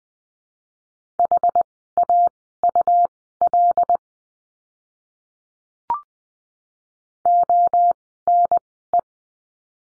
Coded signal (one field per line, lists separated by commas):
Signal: Morse code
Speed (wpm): 20 wpm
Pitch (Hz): 700 Hz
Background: none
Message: HAUL ONE